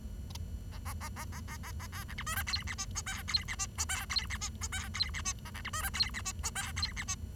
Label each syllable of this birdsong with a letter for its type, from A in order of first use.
A A A A A A A A B C D E F G H I J K G H I J K G H I J K G H I A C D E F G H I J K G H I